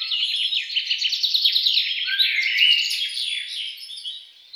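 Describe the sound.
Songbird giving a fast run of high chirps that blends into varied warbling before trailing away.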